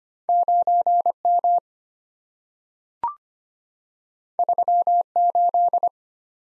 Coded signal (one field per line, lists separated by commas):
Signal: Morse code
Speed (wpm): 25 wpm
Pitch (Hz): 700 Hz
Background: none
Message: 9M 38